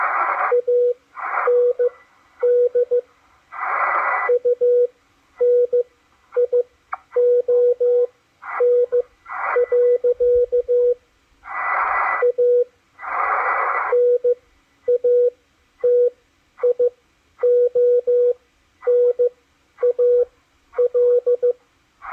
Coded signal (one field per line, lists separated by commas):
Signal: Morse code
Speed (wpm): 15 wpm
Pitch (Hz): 490 Hz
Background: radio noise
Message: AND UNION. A NATIONAL